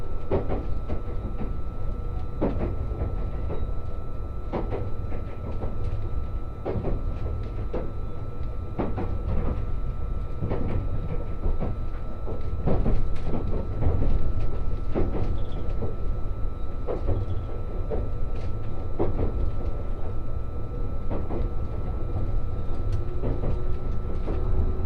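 The Resort Shirakami No. 4 train runs along the Sea of Japan coast. A dense, steady low rumble carries throughout, with frequent sharp clacks from the rails every second or so. A thin steady whine hums above, and the rumble swells slightly midway.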